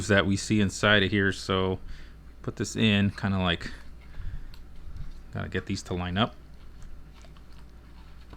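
A Fisher & Paykel dishwasher pump motor assembly is worked by hand into the dishwasher sump to line up its mating features before it drops down and is turned to lock. Someone talks while handling it, with faint soft handling noises and a small tick around 4.5 s. Nothing has seated or clicked yet.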